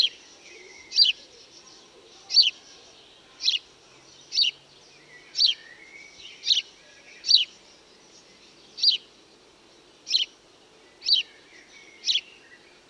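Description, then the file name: House sparrow chirping, sharp bright chirps repeated roughly once a second in a steady series, with a soft low background hum. Recorded at Cowley, Gloucestershire, England. "House Sparrows (Passer domesticus)"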